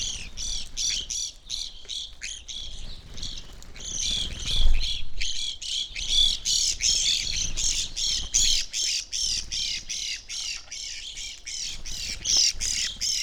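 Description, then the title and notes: Evening grosbeak flock chattering for over ten seconds, rapid overlapping burry chirps, dense and nearly nonstop, with a soft thump partway through. Flock feeding on sunflower seeds at a feeder hanging from a birch in a backyard, McCloud, Siskiyou County, California; relatively warm winter morning; two microphones either side of the tree trunk. "I recorded this at my home in the small town of McCloud in Siskiyou County, California. It was a relatively warm winter morning, and a flock of Evening Grosbeaks was busily eating a breakfast of sunflower seeds from a feeder hanging from the branch of a birch tree in my backyard."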